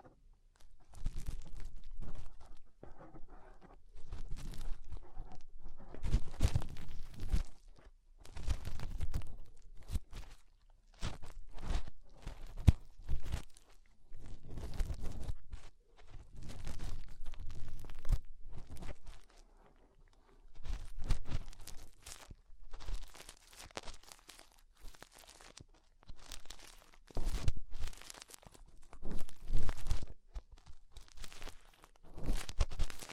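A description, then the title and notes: Fingers rubbing and working inside an ear, in irregular bursts of scratchy, crinkling rustle broken by short quiet gaps. The bursts come every second or two, each with a muffled low thump and a bright crackling edge, over a near-silent background. ASMR Inner Ear Cleaning Using Fingers 3Dio (No Talking).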